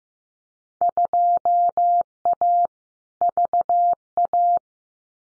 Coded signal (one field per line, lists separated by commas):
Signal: Morse code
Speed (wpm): 15 wpm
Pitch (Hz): 700 Hz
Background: none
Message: 2A VA